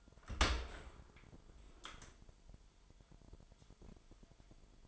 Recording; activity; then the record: daily activity, microphone in the room; open dishwasher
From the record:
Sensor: 5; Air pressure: 998.5 hPa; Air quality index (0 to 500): 80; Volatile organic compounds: 1 ppm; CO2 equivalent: 904 ppm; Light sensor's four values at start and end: 23/55/23/26 and 23/55/23/26